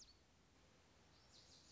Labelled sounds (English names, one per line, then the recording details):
Lazuli Bunting
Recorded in Sonoma County, California